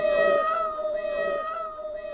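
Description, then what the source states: Cat meow, one sustained droning wail holding a steady pitch with little change. Hungry cats, more than one.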